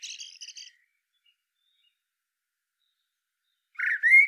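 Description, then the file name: Common blackbird song: high scratchy twittered notes, then silence, then a low mellow whistled phrase beginning. "Turdus merula"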